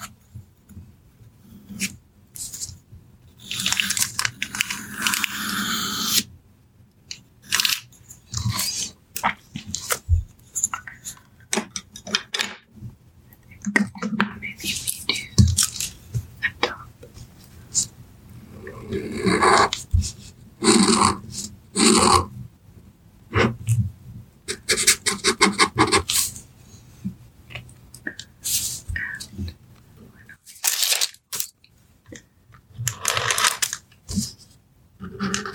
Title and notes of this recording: soft tracing with pencils. Lots of pencil sounds, paper crinkling, and soft whispers